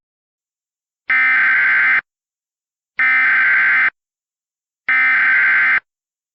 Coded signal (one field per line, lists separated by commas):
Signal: Emergency Alert System (SAME) tones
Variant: header bursts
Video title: *VALID TONES* Hellmo (EAS Scenario)